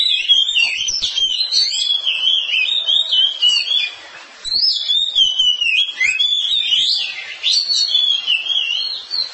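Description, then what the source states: Oriental magpie-robin delivering long continuous song, fluid whistles and trills tumbling up and down with only a couple of brief dips in volume. Song of long duration.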